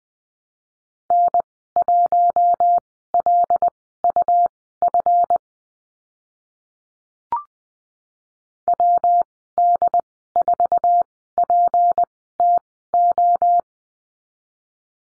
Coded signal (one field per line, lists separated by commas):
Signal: Morse code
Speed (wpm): 20 wpm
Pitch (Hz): 700 Hz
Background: none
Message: N1LUF WD4PTO